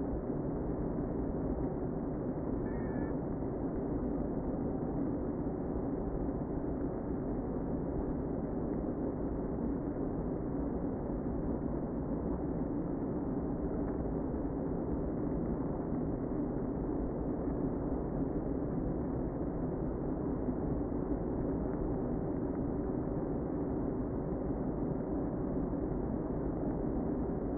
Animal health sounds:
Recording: honeybee colony, microphone inside the hive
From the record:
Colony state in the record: queen present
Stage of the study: before two queens were removed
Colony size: about 60,000 bees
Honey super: yes

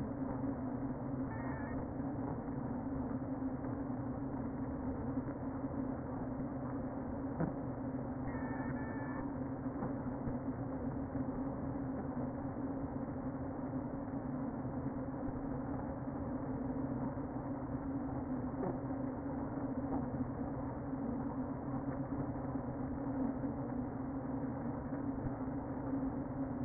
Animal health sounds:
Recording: honeybee colony, microphone inside the hive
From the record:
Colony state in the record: queen present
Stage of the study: before two queens were removed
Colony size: about 60,000 bees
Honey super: yes

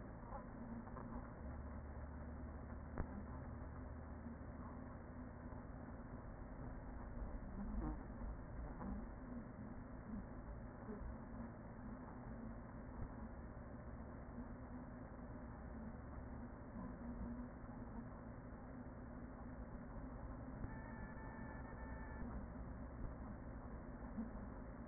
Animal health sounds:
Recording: honeybee colony, microphone inside the hive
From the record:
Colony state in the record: queen present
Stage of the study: after two queens were removed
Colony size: about 40,000 bees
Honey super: no

